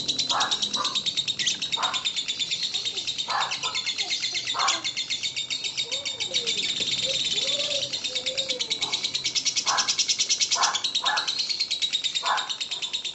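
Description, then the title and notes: Lovebird in a long continuous trill of rapid buzzy notes, with short lower chirping bursts and faint lower whistles. Lovebird ngekek song, described as very long, used as kicau pancingan, a bait song to prompt other lovebirds to sing. "Master Kicau Lovebird ngekek, kicau pancingan"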